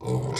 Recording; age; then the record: pig call; weaner (32 to 43 days)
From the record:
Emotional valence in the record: negative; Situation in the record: novel object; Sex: female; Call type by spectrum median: low-frequency call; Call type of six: mixed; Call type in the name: high-frequency modulated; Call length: 0.40 s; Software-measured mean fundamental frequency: 196 Hz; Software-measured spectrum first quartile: 208 Hz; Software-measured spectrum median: 510 Hz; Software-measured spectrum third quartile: 2606 Hz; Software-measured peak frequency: 132 Hz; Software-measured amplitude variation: 117 dB a second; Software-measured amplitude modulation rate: 20.0 a second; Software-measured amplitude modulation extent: 5.9 dB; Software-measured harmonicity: -0.8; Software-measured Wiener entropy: -3.50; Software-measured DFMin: 573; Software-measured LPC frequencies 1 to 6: 377, 937, 2115, 3397, 4012, 4978 Hz